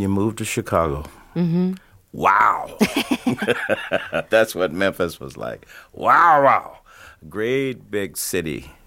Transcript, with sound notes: and you moved to Chicago. Wow. (LAUGHTER) That's what Memphis was like, wow, wow - great, big city.